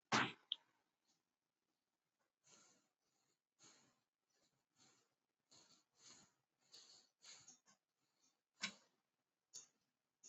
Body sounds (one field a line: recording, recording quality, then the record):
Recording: shallow breathing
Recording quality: excellent, no background noise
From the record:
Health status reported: COVID-19 positive, mild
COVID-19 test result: positive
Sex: male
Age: 30 years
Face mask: worn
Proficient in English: yes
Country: India